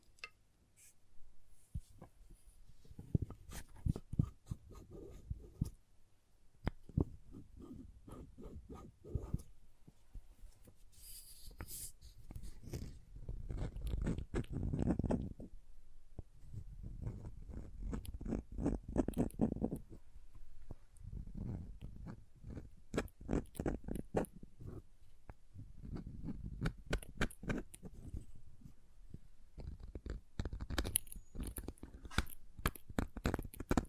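Crayons tap, scrape and draw in uneven bursts of dry scratching and sharp clicks, with brief pauses between strokes throughout.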